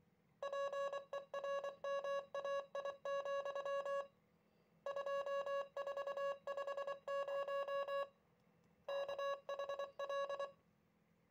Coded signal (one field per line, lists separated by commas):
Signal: Morse code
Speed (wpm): 25 wpm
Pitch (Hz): 560 Hz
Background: music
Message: PERMAI, 2450 KHL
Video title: PC to Arduino Uno - Morse Encode Data Transfet